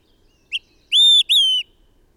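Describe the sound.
Bird song: a short note followed by two long, clear whistles, the first steady and the second slowly falling, over a quiet background.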